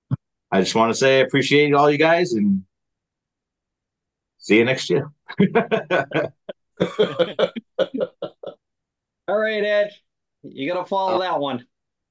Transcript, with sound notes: I just want to say I appreciate all you guys and see you next year. (laughing) - All right, Edge. You're going to follow that one.